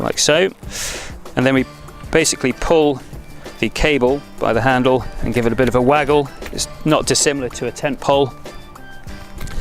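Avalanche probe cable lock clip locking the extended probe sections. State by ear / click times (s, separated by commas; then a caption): not seated / none. Someone talks over background music while handling a sectioned avalanche probe, pulling its cable by the handle and giving it a waggle to tension the extended sections. The cable lock clip that holds the probe sections in place has not clicked or seated yet.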